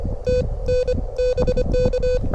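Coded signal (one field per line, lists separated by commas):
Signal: Morse code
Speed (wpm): 24 wpm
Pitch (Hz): 500 Hz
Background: none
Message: TN BK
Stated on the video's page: Morse code at 25 WPM during a POTA park activation at a state park, in strong wind.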